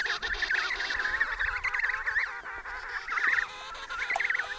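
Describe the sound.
Penguins braying in a busy chorus, nasal harmonic calls with quavering pitch overlapping without pause.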